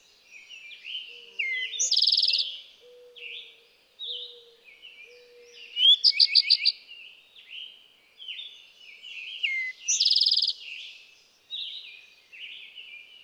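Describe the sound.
Eastern towhee singing three phrases about four seconds apart, each a bright opening note and a fast trill, over a busy chorus of other songbirds and a faint low hum.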